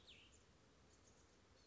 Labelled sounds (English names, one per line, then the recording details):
Cassin's Vireo
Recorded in Sonoma County, California